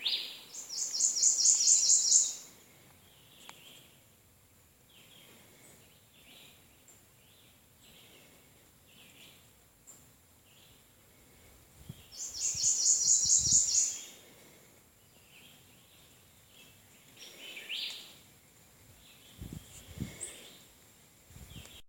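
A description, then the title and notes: A Prothonotary Warbler sings two loud, bright bursts of rapidly repeated notes, one at the start and another about eleven seconds later, each lasting roughly two seconds. Between them, fainter chirps from other birds and a few low knocks sound in a quiet outdoor setting. Prothonotary Warbler by Christie Mullen.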